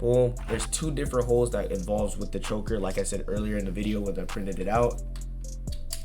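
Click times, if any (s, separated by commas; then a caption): 5.9 s. The two ends of a 3D-printed cosplay choker, each fitted with 5x3 mm magnets, are brought together while someone talks over background music. After the talking stops, a few faint taps are heard, and the magnetic clasp snaps shut at 5.9 s.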